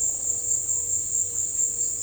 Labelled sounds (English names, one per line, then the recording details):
none
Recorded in pastures near Puerto Asís, Putumayo, Colombia, on 26 December 2024 at 16:30
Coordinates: 0.496, -76.326
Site G004